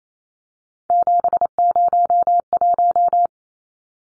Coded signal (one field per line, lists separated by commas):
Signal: Morse code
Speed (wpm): 28 wpm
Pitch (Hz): 700 Hz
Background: none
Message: 701